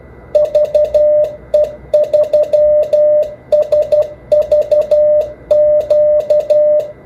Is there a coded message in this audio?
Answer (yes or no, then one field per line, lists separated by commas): yes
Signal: Morse code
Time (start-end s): 0.3-6.8 s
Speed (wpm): 12 wpm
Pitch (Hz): 600 Hz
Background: none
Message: VE3SVQ